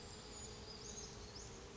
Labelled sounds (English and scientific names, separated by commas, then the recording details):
Brown Creeper (Certhia americana)
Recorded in Sonoma County, California